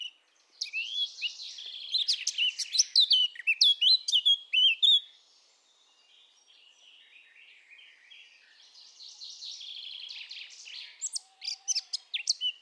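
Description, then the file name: Eurasian blackcap delivering a loud, varied warbling phrase, then a quiet rambling passage before another loud varied burst at the end. "Sylvia atricapilla"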